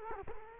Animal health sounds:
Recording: mosquito wingbeat signal from an infrared sensor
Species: Culex quinquefasciatus

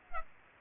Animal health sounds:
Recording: mosquito wingbeat signal from an infrared sensor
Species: Aedes aegypti

